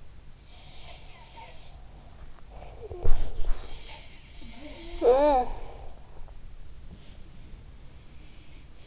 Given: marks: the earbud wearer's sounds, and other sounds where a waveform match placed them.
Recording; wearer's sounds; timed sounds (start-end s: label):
sounds in sleep by an in-ear microphone; body movement, talking in sleep
0.38-1.67 s: sound from someone else or the room
2.45-5.75 s: body movement
4.37-6.33 s: talking in sleep